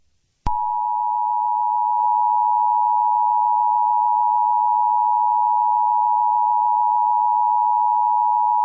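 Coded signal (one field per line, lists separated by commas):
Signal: Emergency Alert System (SAME) tones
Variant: 853 and 960 Hz attention tone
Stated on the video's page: Fictional EAS scenario; the alert did not happen in real life.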